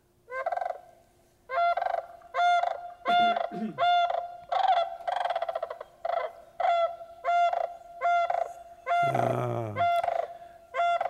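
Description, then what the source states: Sandhill crane bugling: loud rolling, rattling trumpet calls repeated many times, with a couple of lower harsher notes mixed in. Bugling; sounds almost prehistoric.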